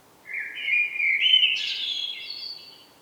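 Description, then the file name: Common blackbird giving a rich fluty warble that climbs, then breaks into a thin, high, scratchy twitter at the end; quiet background. "Turdus merula"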